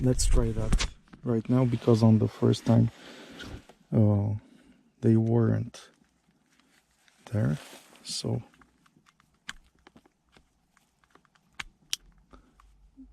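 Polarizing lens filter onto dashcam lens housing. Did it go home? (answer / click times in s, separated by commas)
yes / 11.9 s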